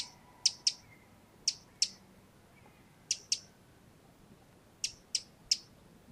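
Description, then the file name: Eurasian wren giving sharp, dry ticking calls, mostly in quick pairs, spaced irregularly throughout, over a quiet background. "Troglodytes troglodytes"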